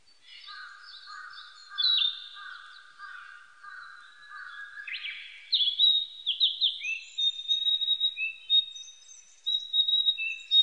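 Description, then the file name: Narcissus flycatcher singing: low steady whistles at first, then sharp rising notes that flow into long clear high whistles, with a few thin chirps. Recorded 25 April 1998. "980425 kibitaki"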